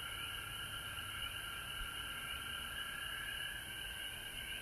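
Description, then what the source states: Frogs calling in a steady, dense chorus, a continuous trilling drone with a sharper shimmering layer above it and a high hiss running throughout. Recorded at home in Georgia on March 19, 2020.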